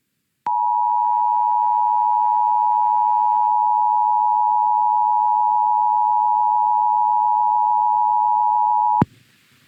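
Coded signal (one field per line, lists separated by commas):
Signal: Emergency Alert System (SAME) tones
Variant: 853 and 960 Hz attention tone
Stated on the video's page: Real overnight required monthly tests for Nebraska, Missouri, Georgia and District of Columbia.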